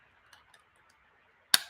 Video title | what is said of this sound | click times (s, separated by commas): Let's hang and build some Tesla LEGO! | that there's a part here that sticks out so that will click into | 1.5 s